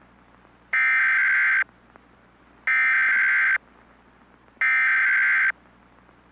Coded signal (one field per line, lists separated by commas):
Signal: Emergency Alert System (SAME) tones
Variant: header bursts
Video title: They Are Real - EAS Scenario